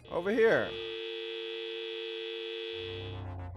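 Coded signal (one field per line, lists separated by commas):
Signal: telephone call progress tone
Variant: UK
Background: speech, music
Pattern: dial tone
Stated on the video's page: Telephone tone from a game of three short ghost stories set in everyday locations.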